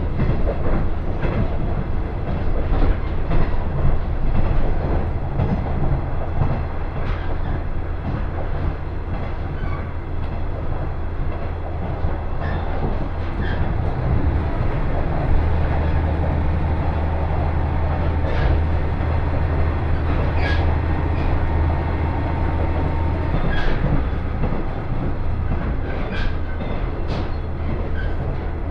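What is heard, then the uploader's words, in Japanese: A local train rolls along, heard from inside the carriage, with a steady deep rumble and a hum that swells between about 15 and 23 seconds. Scattered clicks and rattles from the wheels and car body come through all the way. 山田線普通 区界→陸中川井。ひたすら下り坂となり、駅間も長い区間が連続します。集落をみることのほうが珍しい区間を閉伊川に沿いながら走っていきます。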